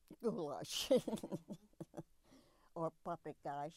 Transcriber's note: laughs